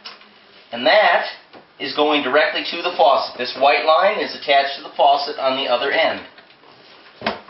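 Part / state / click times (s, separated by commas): plastic water tubing into quick connect fitting on reverse osmosis unit / seated / 7.3 s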